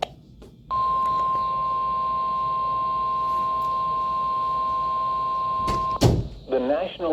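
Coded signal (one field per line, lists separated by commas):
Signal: Emergency Alert System (SAME) tones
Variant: 1050 Hz attention tone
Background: speech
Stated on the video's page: Severe weather and flood alerts received on NOAA Weather Radio station WXM56.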